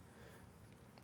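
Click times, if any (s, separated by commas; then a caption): none. While reassembling a bed remote, the plastic remote housing shell is pressed together into its mating half, giving only faint handling ticks over a low steady background, with small transients near 1.0 and 1.1 seconds. The case half fails to snap in, so nothing has clicked or seated yet.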